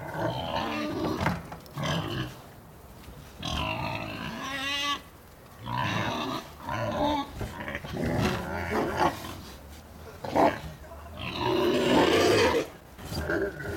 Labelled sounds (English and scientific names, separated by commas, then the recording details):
Black Rhinoceros (Diceros bicornis)
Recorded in captivity
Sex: male
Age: juvenile
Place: Zoo Berlin, Berlin, DE
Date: 1997-01-26 15:41
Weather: heiter, 3°C
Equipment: Nagra SN, Kopie Uher 4000 Report Monitor
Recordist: Tembrock, Günter
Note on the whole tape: Männliches Jungtier (geb. am 18.2.96): Kurzlaute mehrere Lauttypen, dabei auch Saugen (im Liegen) bei Weibchen (wohl dunkle Laute) dabei oder davor